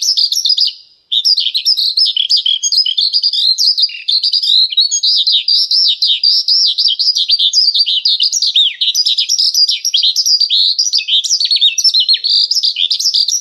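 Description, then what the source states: Horsfield's bush lark in nonstop varied song, quick high chirps and twisting slurs tumbling together, with a brief break at the start. Vietnam-type song style.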